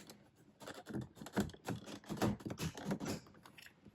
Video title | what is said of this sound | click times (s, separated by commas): Seat Arona Window Switch Replacement | and there he goes he's popped into place | 1.4 s, 2.2 s